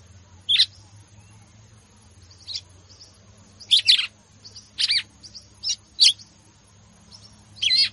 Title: Canto Galo Campina Fêmea. Galo de Campina batendo fogo